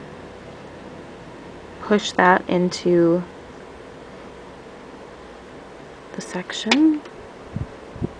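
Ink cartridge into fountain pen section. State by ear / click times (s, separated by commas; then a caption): not seated / none. A plastic ink cartridge of blue ink is handled at the section of a small Monteverde Poquito fountain pen, about to be pushed in until its seal is pierced. Someone talks in two short bursts over a faint steady hum, with a few light handling sounds near the end. Nothing has seated or snapped yet.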